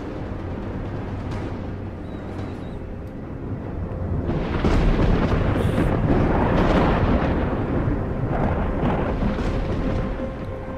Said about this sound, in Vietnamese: Lòng bàn tay xuất hiện một đầu con rết tinh lớn, há miệng phóng thẳng lên không trung. Nó và tia sét đầu tiên giáng xuống, đập mạnh vào nhau, nổ đùng đùng lên đinh tai nhức óc.